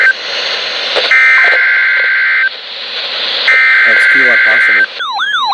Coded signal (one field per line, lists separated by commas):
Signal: Emergency Alert System (SAME) tones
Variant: header bursts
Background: speech